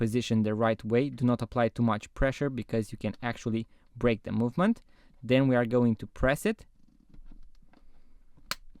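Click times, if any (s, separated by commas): 8.5 s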